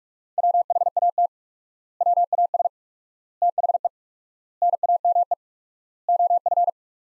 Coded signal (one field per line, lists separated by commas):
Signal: Morse code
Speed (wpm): 43 wpm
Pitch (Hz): 700 Hz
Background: none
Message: WHAT WAS THE NAME OF